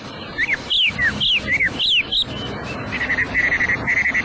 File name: hwamei